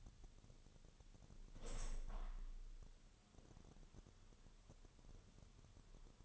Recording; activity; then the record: daily activity, microphone in the room; open window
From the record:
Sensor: 4